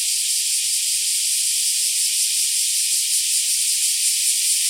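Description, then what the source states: Black cicada: a steady, dense, high-pitched buzzing hiss that does not break. More than one black cicada.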